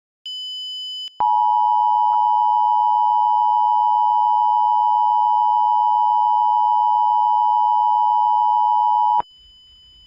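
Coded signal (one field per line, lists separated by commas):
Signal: Emergency Alert System (SAME) tones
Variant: 853 and 960 Hz attention tone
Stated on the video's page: Mock reenactment of a real statewide winter storm (extreme cold) warning using valid EAS tones, remade from a radio station's alert audio.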